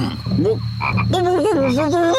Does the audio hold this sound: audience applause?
no